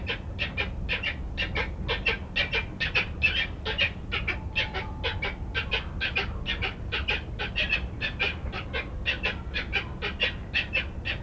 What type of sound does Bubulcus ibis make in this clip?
courtship call